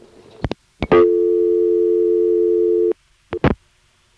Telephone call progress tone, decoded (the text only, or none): dial tone